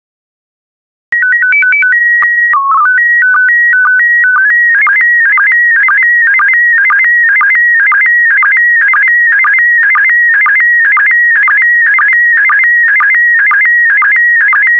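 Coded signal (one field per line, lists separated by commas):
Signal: SSTV (slow-scan television)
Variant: PD120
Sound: clean warbling tone, header beeps then rapid chirping image scan with regular ticks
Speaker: complete. You can now check your decoded image against the picture that is shown on the video.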